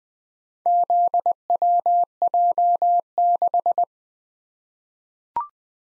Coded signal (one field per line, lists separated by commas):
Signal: Morse code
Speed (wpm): 20 wpm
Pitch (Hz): 700 Hz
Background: none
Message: ZWJ6